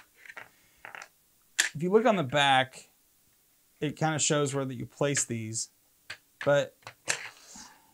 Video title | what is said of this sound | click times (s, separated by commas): Best Ninja Turtles?! | you can see that it doesn't snap into place it's just kind of loose um | none